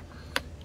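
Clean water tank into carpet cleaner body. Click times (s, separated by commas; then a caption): 0.4 s. A clean water tank filled with hot water is set into the front of a Hoover SmartWash Pet Complete automatic carpet cleaner and pushed down. A single sharp pop sounds at 0.4 s, followed by a faint tick at 0.6 s, as the tank seats into place.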